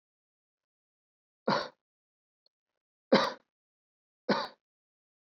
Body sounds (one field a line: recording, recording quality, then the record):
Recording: shallow voluntary cough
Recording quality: excellent, no background noise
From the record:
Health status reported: healthy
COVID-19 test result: negative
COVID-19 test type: RT-PCR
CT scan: not taken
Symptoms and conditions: none ticked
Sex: male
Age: 37 years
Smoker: no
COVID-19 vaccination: both doses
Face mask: not worn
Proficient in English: yes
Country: India